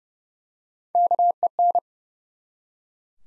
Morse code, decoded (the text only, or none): KEN